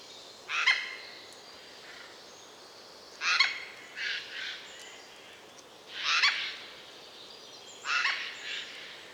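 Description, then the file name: Eurasian jay giving harsh, rasping screeches, four loud calls spaced two to three seconds apart, with a few softer notes between. "Garrulus glandarius"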